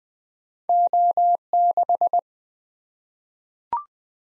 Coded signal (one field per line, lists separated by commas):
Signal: Morse code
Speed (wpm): 20 wpm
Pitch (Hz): 700 Hz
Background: none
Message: O6